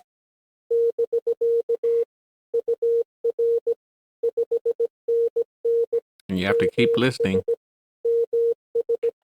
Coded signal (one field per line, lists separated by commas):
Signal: Morse code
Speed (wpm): 17 wpm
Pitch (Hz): 460 Hz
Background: speech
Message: <BK> UR 5NN MS MS